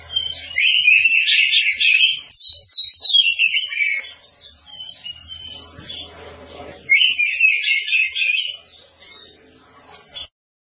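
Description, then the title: Oriental magpie-robin song: loud, rich bursts of rapid whistled and warbled phrases, pausing briefly in the middle, with a low hum underneath. "Kacer"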